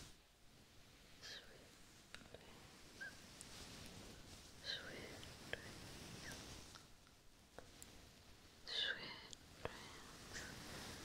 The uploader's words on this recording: ASMR Pure Relaxation Head and Scalp Massage.